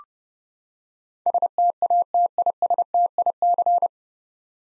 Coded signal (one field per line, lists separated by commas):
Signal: Morse code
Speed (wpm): 32 wpm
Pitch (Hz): 700 Hz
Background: none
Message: STATISTIC